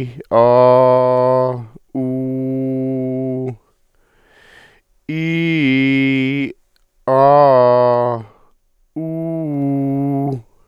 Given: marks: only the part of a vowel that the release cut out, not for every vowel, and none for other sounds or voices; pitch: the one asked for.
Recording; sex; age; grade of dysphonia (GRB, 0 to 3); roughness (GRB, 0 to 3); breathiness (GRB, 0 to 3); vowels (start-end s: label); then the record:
sustained vowels; male; 60 to 69 years; 0; 0; 0
0.48-1.47 s: vowel /a/, low pitch
2.06-3.42 s: vowel /u/, low pitch
5.16-6.42 s: vowel /i/, low-high-low pitch
7.17-8.11 s: vowel /a/, low-high-low pitch
9.05-10.27 s: vowel /u/, low-high-low pitch
From the record:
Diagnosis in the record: dysodia (singing voice disorder), contact pachydermia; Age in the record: 61 years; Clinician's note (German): Kontaktpachydermie ohne "Kontaktpachydermie"